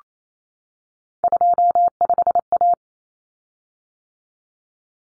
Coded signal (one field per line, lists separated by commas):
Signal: Morse code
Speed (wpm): 28 wpm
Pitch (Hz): 700 Hz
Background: none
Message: 25A